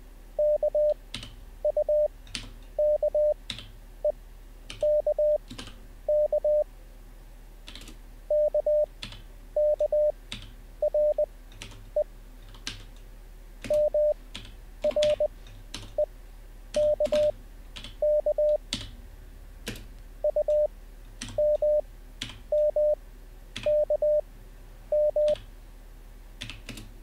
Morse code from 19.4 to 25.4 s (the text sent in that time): UMMKM